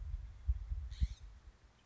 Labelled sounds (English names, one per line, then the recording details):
California Scrub-Jay
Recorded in Sonoma County, California